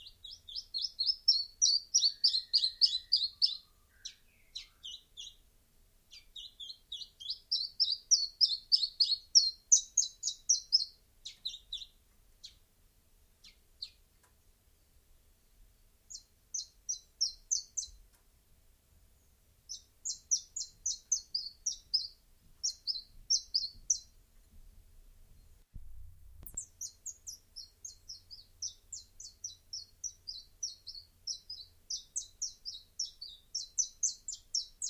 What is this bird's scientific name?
Phylloscopus collybita